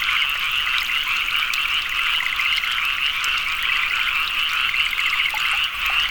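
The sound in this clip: Frogs calling in a dense chorus, many rapid overlapping croaks forming a steady high trilling wall of sound throughout, with no pauses.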